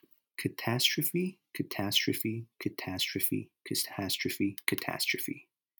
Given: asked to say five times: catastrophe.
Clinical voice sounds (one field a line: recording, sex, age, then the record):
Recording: repeated word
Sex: male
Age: 20 to 29 years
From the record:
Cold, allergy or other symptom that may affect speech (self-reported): no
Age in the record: 29 years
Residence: California, United States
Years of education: 4